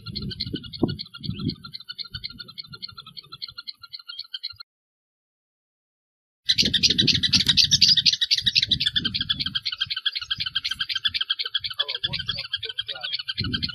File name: Canto do anarilho do campo